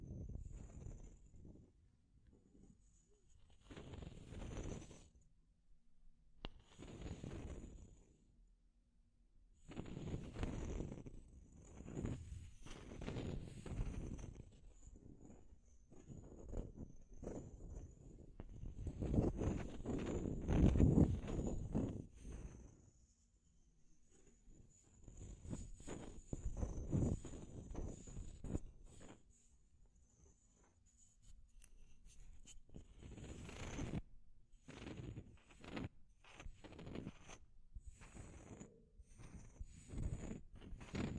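Deep scratching comes in bursts of coarse, low rasping strokes, repeated every second or so in clusters with short quiet gaps between them. The strokes swell and fade, loudest around the twenty-second mark, while a faint steady high hiss runs underneath.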